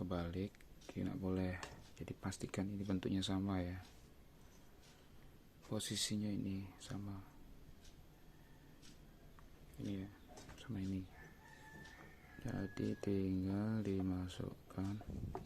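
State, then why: Not seated. A RAM module is held over a motherboard memory slot, its notch lined up with the slot key so it is not reversed before being pushed in. Someone talks throughout, with only light handling noise between phrases. The module has not seated or clicked yet.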